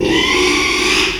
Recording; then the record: squeal of a Yucatan mini pig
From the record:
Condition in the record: after surgery on the right vocal fold (resection and tissue-engineered implant); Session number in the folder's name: 1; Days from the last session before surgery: 6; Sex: male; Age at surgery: 12 weeks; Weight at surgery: 13 kg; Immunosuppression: cyclosporine, prednisolone